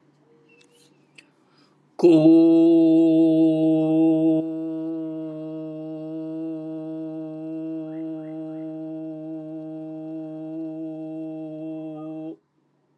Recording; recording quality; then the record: sustained vowel as in boot; excellent, no background noise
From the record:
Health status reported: healthy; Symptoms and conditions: diabetes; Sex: male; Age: 55 years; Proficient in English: yes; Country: India